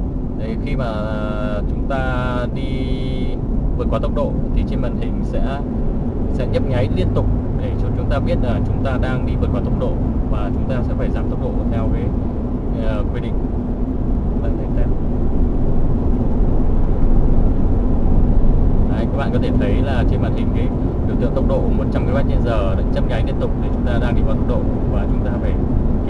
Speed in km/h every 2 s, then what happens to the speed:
63, 66, 73, 78, 79, 79, 84, 90, 99, 103, 105, 106, 103.
0-6 speeds up to 78. 6-11 steady at about 79. 11-22 speeds up to 106.